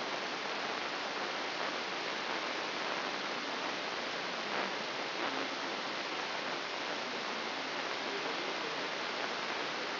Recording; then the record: brain microelectrode recording played as sound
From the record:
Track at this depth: inside the subthalamic nucleus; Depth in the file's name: 6.105 mm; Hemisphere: left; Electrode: 3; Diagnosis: Parkinson's disease